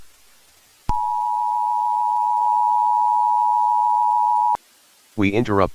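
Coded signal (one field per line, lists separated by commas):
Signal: Emergency Alert System (SAME) tones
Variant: 853 and 960 Hz attention tone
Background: speech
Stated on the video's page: Fictional EAS scenario alert about transforming entities.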